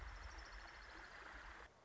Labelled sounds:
Orange-crowned Warbler
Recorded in Sonoma County, California

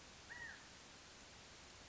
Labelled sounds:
California Quail
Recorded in Sonoma County, California

